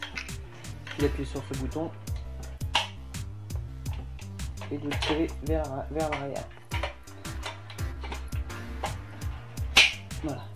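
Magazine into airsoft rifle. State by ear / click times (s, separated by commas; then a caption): seated / 9.8 s. Someone talks over music while handling a Cybergun FAMAS F1 airsoft rifle: they press the release button, pull the plastic 300-round magazine back out, then push it back into the rifle. Amid soft knocks and handling taps, a sharp click at 9.8 s marks the magazine seating back into position.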